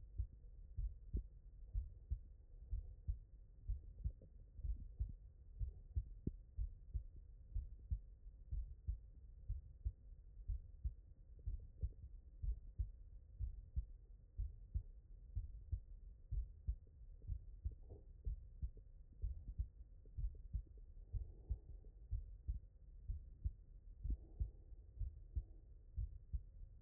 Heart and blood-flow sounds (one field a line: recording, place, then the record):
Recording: heart sounds by stethoscope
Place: tricuspid valve (TV)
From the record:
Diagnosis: non-HFrEF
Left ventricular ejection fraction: 66%